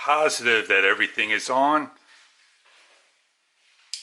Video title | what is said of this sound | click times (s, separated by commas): Holy Stone HS140 steps to the motor replacement | and snapped in | 3.9 s